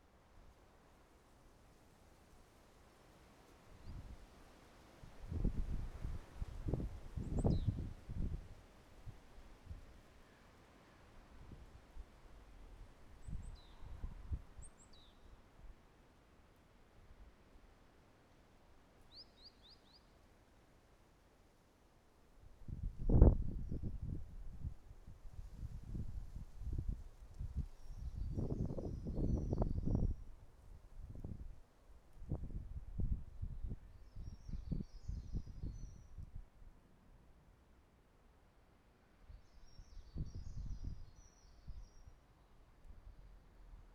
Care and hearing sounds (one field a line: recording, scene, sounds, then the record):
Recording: everyday scene through a hearing-aid microphone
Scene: wind on the microphone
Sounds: wind, traffic, birds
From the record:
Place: suburban garden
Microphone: behind the ear, right, front